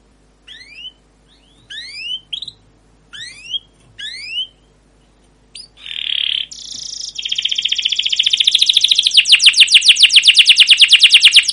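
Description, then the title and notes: Canary gives spaced groups of quick rising chirps, then a buzzy burst and a harsh note before breaking into a fast, loud rolling trill. Song used as a lure and master recording for training young canaries to learn sounds; emotional, long chirping 'cuit cuit' style song. "CUIT CUIT NGEROL LANGSUNG GACOR PANJANG Kenari Ini AMPUH Utk Pancingan KENAR. PANCINGAN Kenari GACOR PANJANG Cuit CUIT EMOSI ini AMPUH utk MASTERAN Kenari PAUD belajar BUNYI. burung kenari"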